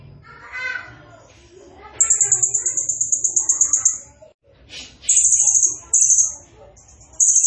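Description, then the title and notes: Blue-crowned hanging parrot: a long rapid high-pitched pulsed trill, then several shorter shrill buzzy bursts, with mixed lower chirps and chatter in the background. Blue-crowned hanging parrot in lively full song (gacor), described as sharp calling, used as a masteran training sound and lure to provoke other birds. "Burung Serindit Nembak Gacor Bikin Emosi Semua Burung. Suara Nasteran Dan Pemikat Burung Serinditan Gacor"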